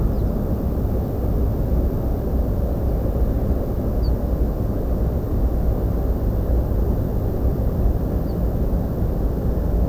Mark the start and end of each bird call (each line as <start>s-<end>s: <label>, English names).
0.12s-0.31s: Western Yellow Wagtail
4.02s-4.11s: Ortolan Bunting
8.26s-8.35s: Ortolan Bunting